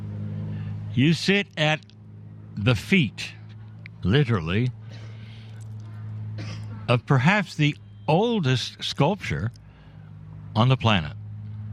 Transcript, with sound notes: You sit at the feet, literally ...
(coughs)
... of perhaps the oldest sculpture on the planet.